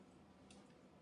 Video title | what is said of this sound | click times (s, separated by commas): Creations By Gwili - - 4-7-22 | But you load it any way you want to, just until you hear it zip. | 0.5 s